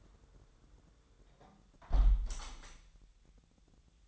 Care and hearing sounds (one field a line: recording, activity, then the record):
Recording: daily activity, microphone in the room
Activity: close window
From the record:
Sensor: 3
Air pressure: 999.9 hPa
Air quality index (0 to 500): 229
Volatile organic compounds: 103 ppm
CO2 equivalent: 3773 ppm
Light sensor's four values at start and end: 10/23/9/9 and 9/22/9/9